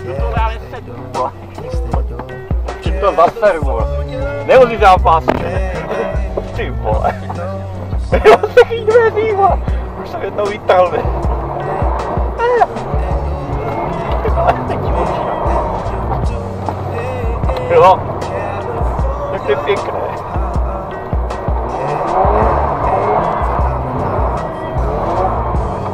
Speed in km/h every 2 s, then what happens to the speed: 0, 0, 0, 0, 0, 17, 24, 25, 23, 16, 8, 14, 16.
0-8 standing. 8-13 pulls away to 25. 13-20 slows to 8. 20-23 speeds up to 16.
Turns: 15-26.